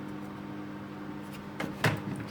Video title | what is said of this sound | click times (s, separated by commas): Homemade Vitamin C using ThermoCook TC PRO M 2.0, the Pro Kitchen Assistant 2021 | make sure it locks into place that's locked | 1.6 s, 1.8 s